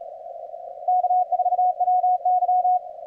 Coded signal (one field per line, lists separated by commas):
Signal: Morse code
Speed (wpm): 37 wpm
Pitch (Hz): 690 Hz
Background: radio noise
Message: K4WY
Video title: 1-4-24 0300 NEW YEAR NEW CWT 80M 103/103